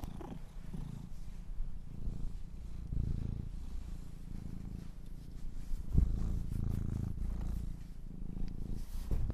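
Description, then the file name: Domestic cat purring in a low steady rumble, breath-driven swells repeating, a light click and rustle heard midway. Kittens purring. "The Purring Kittens"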